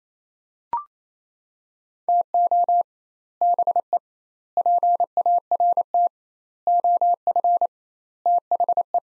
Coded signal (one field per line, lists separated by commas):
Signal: Morse code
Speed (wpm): 28 wpm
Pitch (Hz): 700 Hz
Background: none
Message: TO BE PART OF THE